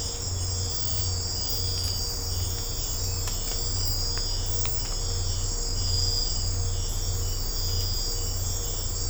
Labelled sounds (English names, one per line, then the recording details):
none
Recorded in secondary vegetation near Puerto Asís, Putumayo, Colombia, on 20 December 2024 at 02:30
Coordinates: 0.502, -76.326
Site G028